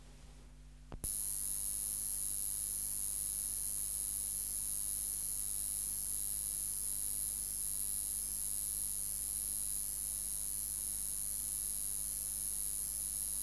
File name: Metrioptera roesselii